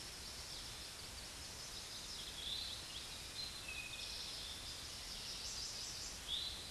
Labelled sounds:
Eastern Towhee (Pipilo erythrophthalmus) song
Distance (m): 35 m
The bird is about 5 m above the microphone
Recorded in a Pennsylvania forest on 16 May 2024 at 09:49
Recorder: AudioMoth, point MSD-2164
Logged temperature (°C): 15.8 °C
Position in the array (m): 177 m, 54 m

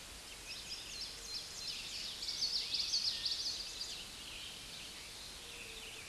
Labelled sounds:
Common Yellowthroat (Geothlypis trichas) song
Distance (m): 5 m
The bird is about level with the microphone
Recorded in a Pennsylvania forest on 16 May 2024 at 06:05
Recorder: AudioMoth, point MSD-0690
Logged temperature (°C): 16.0 °C
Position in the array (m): 199 m, 110 m

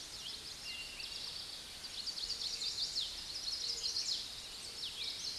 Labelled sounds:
Eastern Towhee (Pipilo erythrophthalmus) song
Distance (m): 35 m
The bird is about level with the microphone
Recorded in a Pennsylvania forest on 16 May 2024 at 06:13
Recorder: AudioMoth, point MSD-1418
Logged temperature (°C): 16.4 °C
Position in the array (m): 189 m, 161 m

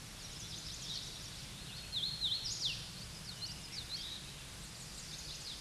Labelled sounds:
Hooded Warbler (Setophaga citrina) song
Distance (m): 35 m
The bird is about 5 m above the microphone
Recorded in a Pennsylvania forest on 16 May 2024 at 07:21
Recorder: AudioMoth, point MSD-0690
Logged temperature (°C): 16.0 °C
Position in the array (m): 165 m, 116 m

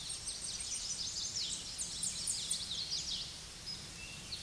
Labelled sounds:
Tennessee Warbler (Leiothlypis peregrina) song
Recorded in a Pennsylvania forest on 16 May 2024 at 07:50
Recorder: AudioMoth, point MSD-0438
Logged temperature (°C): 14.5 °C
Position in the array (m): 80 m, 73 m

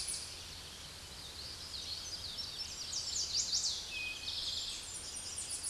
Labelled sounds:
Eastern Towhee (Pipilo erythrophthalmus) song
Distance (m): 30 m
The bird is about 15 m above the microphone
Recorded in a Pennsylvania forest on 16 May 2024 at 07:18
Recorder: AudioMoth, point MSD-1534
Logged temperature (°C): 15.6 °C
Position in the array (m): 68 m, 14 m

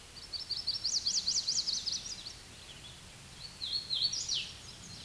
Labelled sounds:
Chestnut-sided Warbler (Setophaga pensylvanica) song
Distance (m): 15 m
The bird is about level with the microphone
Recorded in a Pennsylvania forest on 16 May 2024 at 08:50
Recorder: AudioMoth, point MSD-0814
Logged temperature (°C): 15.8 °C
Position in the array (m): 167 m, 126 m

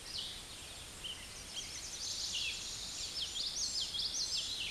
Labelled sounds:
Common Yellowthroat (Geothlypis trichas) song
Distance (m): 25 m
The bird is about level with the microphone
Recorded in a Pennsylvania forest on 16 May 2024 at 08:14
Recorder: AudioMoth, point MSD-2453
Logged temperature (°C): 16.3 °C
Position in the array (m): 222 m, 185 m

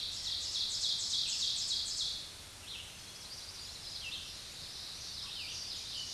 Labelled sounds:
Ovenbird (Seiurus aurocapilla) song
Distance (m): 40 m
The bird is about 10 m above the microphone
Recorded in a Pennsylvania forest on 16 May 2024 at 06:32
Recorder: AudioMoth, point MSD-2146
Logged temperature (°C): 16.7 °C
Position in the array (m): 135 m, 5 m

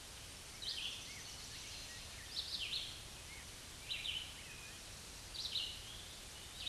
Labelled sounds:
Red-eyed Vireo (Vireo olivaceus) song
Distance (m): 30 m
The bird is about 25 m above the microphone
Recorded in a Pennsylvania forest on 16 May 2024 at 08:32
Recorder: AudioMoth, point MSD-0192
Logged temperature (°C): 16.0 °C
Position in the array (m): 165 m, 72 m

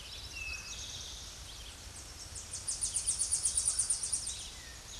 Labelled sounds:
Tennessee Warbler (Leiothlypis peregrina) song
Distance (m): 30 m
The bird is about 25 m above the microphone
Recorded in a Pennsylvania forest on 16 May 2024 at 07:58
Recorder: AudioMoth, point MSD-2349
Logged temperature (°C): 15.8 °C
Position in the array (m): 69 m, 57 m

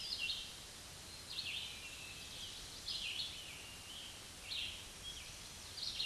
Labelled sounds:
Red-eyed Vireo (Vireo olivaceus) song
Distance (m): 30 m
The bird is about 20 m above the microphone
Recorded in a Pennsylvania forest on 16 May 2024 at 06:31
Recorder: AudioMoth, point MSD-0192
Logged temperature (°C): 16.0 °C
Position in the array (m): 165 m, 72 m

